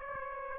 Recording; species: mosquito wingbeat signal from an infrared sensor; Aedes aegypti